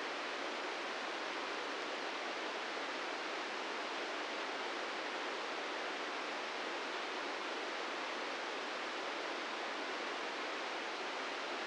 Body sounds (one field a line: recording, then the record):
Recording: brain microelectrode recording played as sound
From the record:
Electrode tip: inside the subthalamic nucleus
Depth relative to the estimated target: -3 mm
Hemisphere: left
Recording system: NeuroSet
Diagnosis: Parkinson's disease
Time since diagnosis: 13 years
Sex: male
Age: 66 years